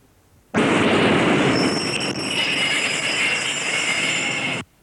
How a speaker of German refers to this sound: Und das ist eine U-Bahn.